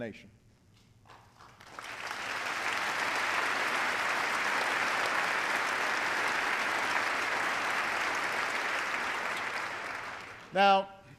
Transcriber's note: applause